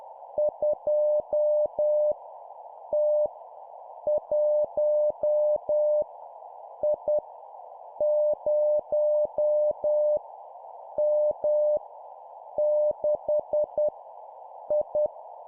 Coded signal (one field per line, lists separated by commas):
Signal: Morse code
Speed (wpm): 10 wpm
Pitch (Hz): 600 Hz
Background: none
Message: 2 T 1 I 0 M 6 I